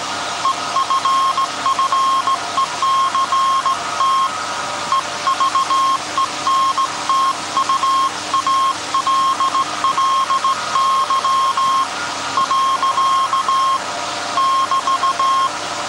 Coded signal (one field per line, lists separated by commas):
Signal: Morse code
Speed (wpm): 17 wpm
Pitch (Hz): 1070 Hz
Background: none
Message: EFFECT EVENTUALLY. <BT>